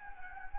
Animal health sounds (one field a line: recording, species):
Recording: mosquito wingbeat signal from an infrared sensor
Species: Anopheles gambiae